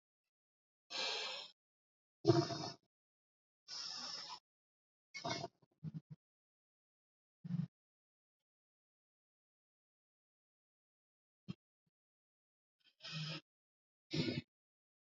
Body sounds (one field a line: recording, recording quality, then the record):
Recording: deep breathing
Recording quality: excellent, no background noise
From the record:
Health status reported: respiratory illness, not identified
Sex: male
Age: 22 years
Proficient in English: yes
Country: India